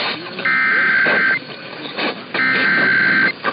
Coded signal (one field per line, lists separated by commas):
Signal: Emergency Alert System (SAME) tones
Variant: header bursts